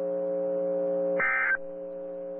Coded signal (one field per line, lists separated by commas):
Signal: Emergency Alert System (SAME) tones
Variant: end-of-message bursts